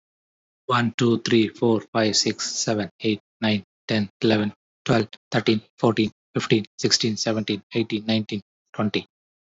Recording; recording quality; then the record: counting at a fast pace; excellent, no background noise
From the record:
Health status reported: healthy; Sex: male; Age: 38 years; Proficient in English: yes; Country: India